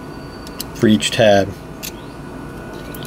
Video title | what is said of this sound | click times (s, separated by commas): Replacing Water Softener Flapper Valve Discs | and after you got it cleared clear the metal you push it down until it clicks into each hole | 0.6 s